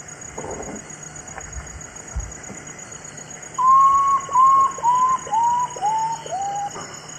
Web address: Natures Songs S America Eastern Lowlands. Nyctibius griseus, song